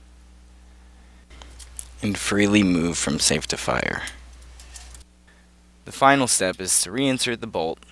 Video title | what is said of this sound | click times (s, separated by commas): SRM 1216 - Changing the Bolt, Receiver and Safety From the Right to Left Side | it should pop into place | 1.8 s